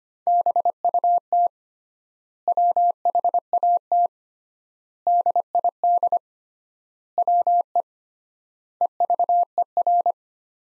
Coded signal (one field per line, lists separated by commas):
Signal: Morse code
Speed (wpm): 25 wpm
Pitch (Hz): 700 Hz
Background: none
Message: BUT WHAT DID WE EVER